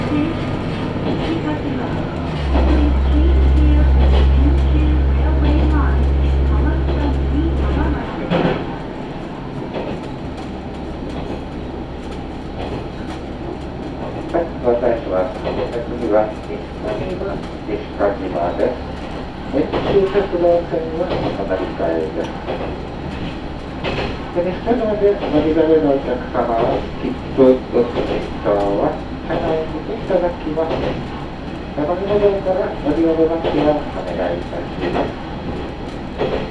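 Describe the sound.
A ride on the Tenryu Hamanako Railway between Kanasashi and Tenryu-Futamata, with a steady low rumble of the train running throughout. A strong low hum swells in the first eight seconds, then voices talk on and off over the moving train for the rest.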